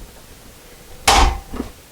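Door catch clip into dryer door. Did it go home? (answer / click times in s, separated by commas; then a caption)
yes / 1.1 s. A new plastic door catch clip is pushed into its opening in a GE dryer door. After a quiet lead-in, it snaps in with a sharp, bright click at 1.1 s, followed by a softer knock around 1.6 s. The clip is seated.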